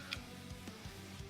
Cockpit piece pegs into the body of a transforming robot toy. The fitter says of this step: Locks into place, locks into place.